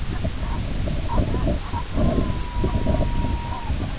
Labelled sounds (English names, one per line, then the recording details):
unidentified sound
Red-throated Loon
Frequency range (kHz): Red-throated Loon 0.7-2.4 kHz
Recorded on Arctic tundra, site IGLO-B, on 21 June 2018
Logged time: 07:59